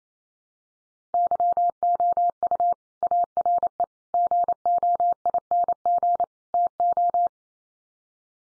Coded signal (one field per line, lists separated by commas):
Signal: Morse code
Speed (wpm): 28 wpm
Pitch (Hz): 700 Hz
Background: none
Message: YOU ARE GOING TO